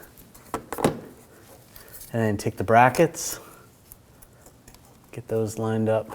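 A plastic engine shield on a 2007-2013 BMW 328i 3.0L L6 is lined up and pushed onto its mounting clips on the engine during a water pump replacement. Sharp plastic snaps are heard at 0.5, 0.7 and 0.8 seconds as it seats into place. Someone then talks, and faint light clicks and handling sounds follow.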